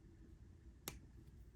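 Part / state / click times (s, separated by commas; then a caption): plastic building brick piece onto minifigure/model / seated / 0.9 s. A plastic minifigure accessory piece is pressed onto a LEGO 76275 Marvel Motorcycle Chase Spider-Man vs. Doc Ock build. Over a low steady hum, a single sharp, bright snap is heard at 0.9 s. The piece is seated and snaps on.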